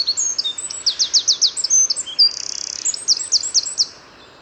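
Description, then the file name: Eurasian wren song: loud, high, rapidly repeated notes, a fast buzzing trill in the middle, then more quick strokes before stopping abruptly. "Troglodytes troglodytes"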